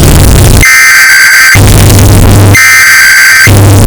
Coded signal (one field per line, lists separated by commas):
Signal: Emergency Alert System (SAME) tones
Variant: header bursts